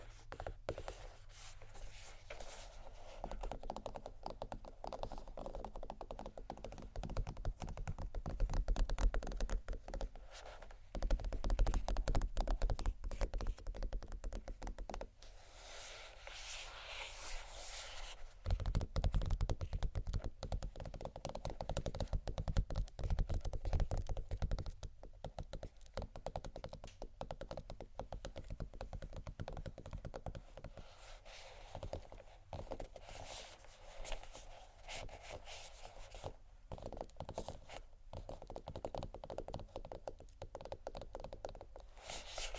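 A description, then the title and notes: Fingers scratch and tap across textured bag surfaces, producing dense, rapid clicking and rustling. The sound is busy and fairly bright, with louder bursts of scraping around 8–12 and 18–24 seconds, and short quieter pauses between passages. ASMR Scratch & Tap on Textured Bags Studded vs Crocodile(No Talking).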